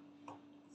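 A meat thermometer probe's plug, with its notch, is pushed into its socket on the smart lid of an OL753 7.5-liter multicooker. A single short click at 0.3 s stands out over a steady low hum, showing the plug is connected.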